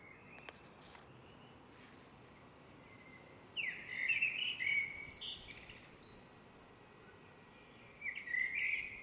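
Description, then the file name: Eurasian blackbird song: a loud, mellow warbled phrase closing in a squeaky high twitter, a pause of several seconds, then a second shorter phrase begins. "MERLES"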